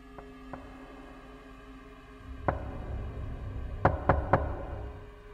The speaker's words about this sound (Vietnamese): thế gõ cửa có cái việc gì đấy?